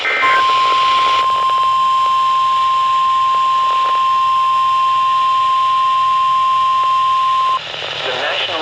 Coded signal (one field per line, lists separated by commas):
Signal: Emergency Alert System (SAME) tones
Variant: 1050 Hz attention tone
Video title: The Sangamon Chronicles | EAS Alerts From 6/10-11/2026 (EAS #3,383- 3,456)